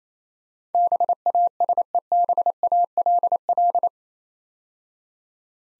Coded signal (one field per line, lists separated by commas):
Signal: Morse code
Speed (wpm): 28 wpm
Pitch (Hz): 700 Hz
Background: none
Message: BASEBALL